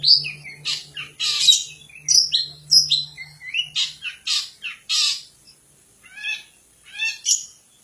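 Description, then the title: Long-tailed shrike song: varied short notes, some whistled and some grating, given in separate bursts, over a faint low hum early on. Song of a champion bird. "Kicau Burung Cendet Juara"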